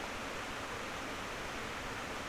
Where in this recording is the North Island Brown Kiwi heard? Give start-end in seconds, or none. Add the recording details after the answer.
none. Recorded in New Zealand on 19 October 2013. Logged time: 01:58. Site CR37